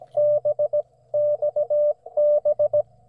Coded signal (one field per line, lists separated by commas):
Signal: Morse code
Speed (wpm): 20 wpm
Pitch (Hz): 600 Hz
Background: none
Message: B XB